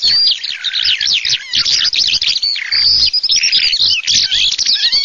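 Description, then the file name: Eurasian skylark song, a continuous rapid stream of high chirps, trills and whistled notes running without pause, with brief sharper whistles near the start and in the middle. "ALLODOLACIP"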